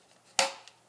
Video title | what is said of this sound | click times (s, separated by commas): Starting Lineup Backboard Unboxing and Review | right snaps in there that is pretty secure that's pretty secure | 0.4 s